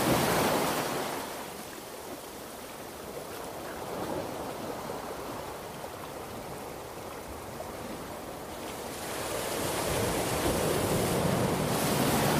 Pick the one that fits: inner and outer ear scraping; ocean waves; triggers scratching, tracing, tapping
ocean waves